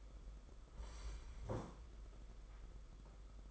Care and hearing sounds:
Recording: daily activity, microphone in the room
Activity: sit down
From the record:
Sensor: 5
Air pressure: 991.8 hPa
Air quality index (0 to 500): 145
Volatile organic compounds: 146 ppm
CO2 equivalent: 4004 ppm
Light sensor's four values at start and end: 32/108/40/43 and 32/108/40/43

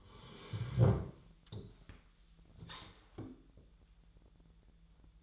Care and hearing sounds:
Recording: daily activity, microphone in the room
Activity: sit down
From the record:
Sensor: 3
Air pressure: 1001.9 hPa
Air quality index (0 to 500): 250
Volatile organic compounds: 134 ppm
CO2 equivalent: 3950 ppm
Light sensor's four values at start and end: 12/26/11/12 and 10/24/10/11

